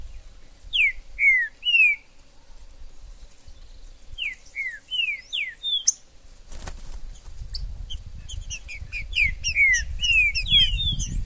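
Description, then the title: Green-winged saltator song: phrases of bold falling whistles, a loud rustle, then more whistles overlapping busy high twittering and low rumbling. Wild bird in the forest; the video is meant to excite a kept trinca-ferro to call, sing and display in contests. "TRINCA Piando, Cantando E Macheando Na DISPUTA. TRINCA FERRO no MATO. Trinca ferro MAJOR no MATO"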